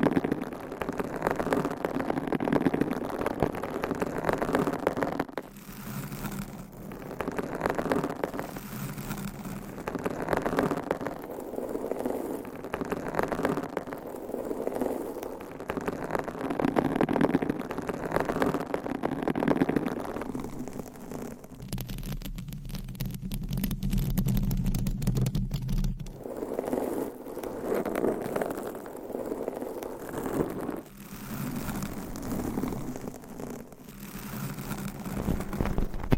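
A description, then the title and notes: Fingernails scratch and rub over microphone covers in a dense, continuous rasping texture that swells and eases in waves. Brief breaks near 5 and 31 seconds mark changes in sound, and from about 21 to 26 seconds a duller, low rumbling scrape takes over. Mic Scratching - Brain Scratching with 9 DIFFERENT MICS Covers & Nails No Talking.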